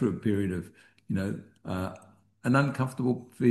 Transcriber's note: none